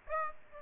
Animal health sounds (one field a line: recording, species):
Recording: mosquito wingbeat signal from an infrared sensor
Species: Aedes aegypti